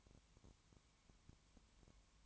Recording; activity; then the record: daily activity, microphone in the room; no activity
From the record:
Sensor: 3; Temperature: 20.1 degrees Celsius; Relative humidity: 31.4%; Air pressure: 1001.3 hPa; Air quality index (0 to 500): 73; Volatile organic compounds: 1 ppm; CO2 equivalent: 686 ppm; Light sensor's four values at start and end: 2/3/2/2 and 2/3/2/2